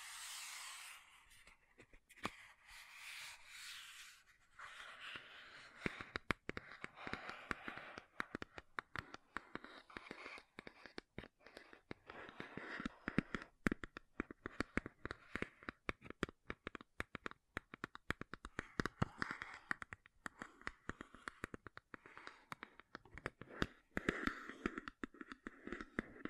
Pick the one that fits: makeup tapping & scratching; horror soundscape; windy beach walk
makeup tapping & scratching